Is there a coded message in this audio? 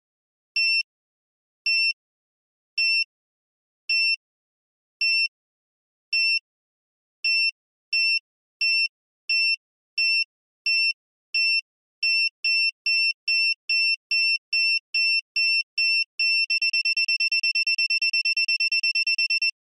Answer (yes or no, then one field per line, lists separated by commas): no